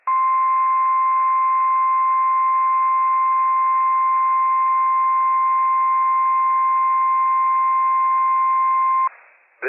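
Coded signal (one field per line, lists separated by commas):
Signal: Emergency Alert System (SAME) tones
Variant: 1050 Hz attention tone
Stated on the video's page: Required Weekly Test from the National Weather Service, broadcast on NOAA Weather Radio transmitter WWF56, with operational EAS tones.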